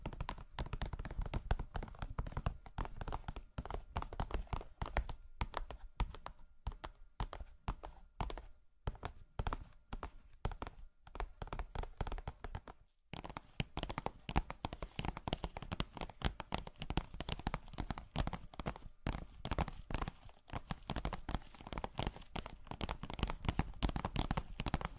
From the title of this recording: Charming Tapping